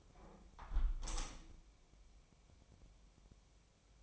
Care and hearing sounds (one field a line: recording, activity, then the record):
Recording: daily activity, microphone in the room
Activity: close window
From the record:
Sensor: 1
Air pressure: 1015.0 hPa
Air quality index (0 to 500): 30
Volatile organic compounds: 1 ppm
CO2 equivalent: 534 ppm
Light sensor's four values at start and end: 10/25/10/11 and 10/25/10/11